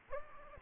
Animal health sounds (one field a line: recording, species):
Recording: mosquito wingbeat signal from an infrared sensor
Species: Aedes aegypti